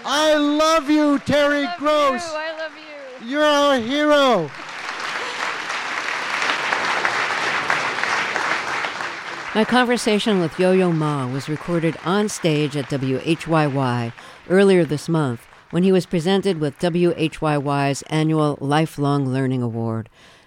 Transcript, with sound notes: I love you, Terry...
I love you.
...Gross.
I love you.
You're our hero.
(APPLAUSE)
My conversation with Yo-Yo Ma was recorded on stage at WHYY in May when he was presented with WHYY's annual Lifelong Learning Award.